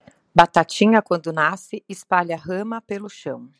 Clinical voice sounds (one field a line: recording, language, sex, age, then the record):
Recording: short text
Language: Brazilian Portuguese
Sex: female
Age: 30 to 39 years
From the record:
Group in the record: control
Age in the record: 37 years